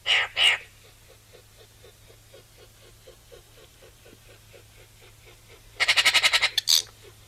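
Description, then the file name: Eurasian magpie calls: two harsh buzzy notes, then a fast dry rattling chatter near the end with another harsh note, faint ticking in between. "Pica pica"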